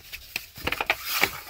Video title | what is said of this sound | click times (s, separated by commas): Vanmadegear window covers - Review | and they just snap right into place | 0.9 s